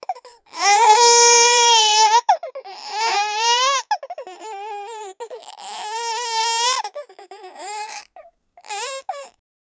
Baby crying.